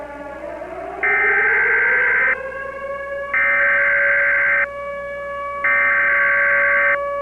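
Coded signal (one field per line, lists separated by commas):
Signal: Emergency Alert System (SAME) tones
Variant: header bursts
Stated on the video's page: Fictional EAS scenario.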